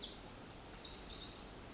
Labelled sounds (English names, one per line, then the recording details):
Pacific Wren
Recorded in Sonoma County, California